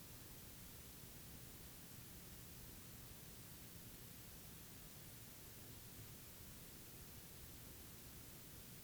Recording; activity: daily activity, guitar pickup as the sensor; lie down